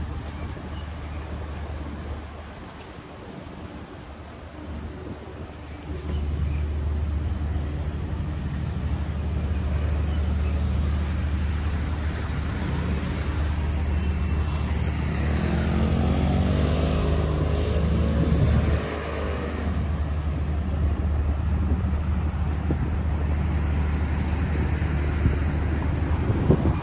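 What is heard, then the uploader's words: Street sounds while walking in Tel Aviv: a steady low traffic rumble, louder after six seconds, with a passing engine swelling around fifteen to nineteen seconds. Street Sounds. Walking In Tel Aviv, Israel.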